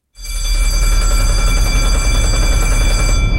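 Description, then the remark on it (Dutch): A loud, steady electric bell rings continuously for several seconds, a sustained metallic clanging with a bright tone, over a deep rumbling engine drone on a pulse-fishing cutter at sea, signalling the crew that it is time to haul the net up. “De bel ging, wat betekent dat? Dat betekent dat het tijd is om het net naar boven te halen.”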